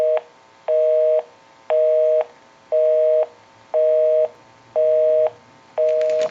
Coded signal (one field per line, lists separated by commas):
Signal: telephone call progress tone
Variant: North America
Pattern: busy tone